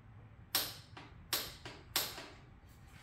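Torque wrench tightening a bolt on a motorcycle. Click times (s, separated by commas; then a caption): 0.5 s, 1.3 s, 2.0 s. A torque wrench set to 20 Nm tightens a bolt on a Stark Varg electric dirt bike, giving three sharp metallic clicks at 0.6, 1.3 and 2.0 s, the first two each followed by a softer tick. The wrench clicks at its setting, so the bolt is torqued down.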